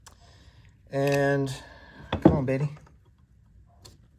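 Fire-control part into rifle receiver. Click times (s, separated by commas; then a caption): 3.9 s. Someone talks while working a rifle fire-control part in the hammer and axis pin area into a steel rifle receiver. A sharp click at 3.9 s marks the part snapping into place, and it is seated.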